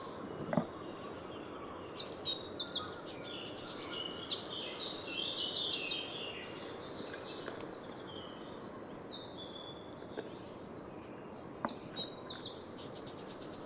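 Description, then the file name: Eurasian wren singing high, hurried warbles and trills in the first half, then thinner calls continuing over constant hiss, with a few sharp clicks. "Troglodytes troglodytes"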